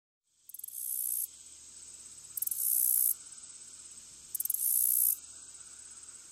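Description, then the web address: Black-legged meadow katydid singing: three shrill, sizzling buzzes, each led by a few ticks, spaced about two seconds apart, with a steady faint high drone between them. "Crickets and Katydids. Blacklegged Meadow Katydid, Orchelimum nigripes"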